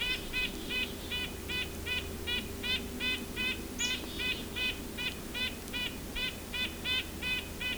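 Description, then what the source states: Red-breasted Nuthatch with a regular series of short, nasal, horn-like notes, about two to three per second, with one brief thin high note midway. Very nasal call, much like White-breasted Nuthatch; bird close in front of the observer after pishing, on Isthmus Bay Road during a Christmas Bird Count.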